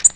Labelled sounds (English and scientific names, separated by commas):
Tennessee Warbler (Leiothlypis peregrina) flight call